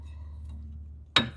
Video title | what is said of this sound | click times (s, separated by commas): Brake Pads (Change) for Peugeot 206.. | yeah yeah yes you can hear the clicking sound | 1.2 s